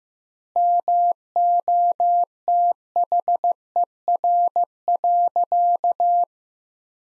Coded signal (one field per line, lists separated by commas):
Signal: Morse code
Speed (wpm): 15 wpm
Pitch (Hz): 700 Hz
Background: none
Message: MOTHER.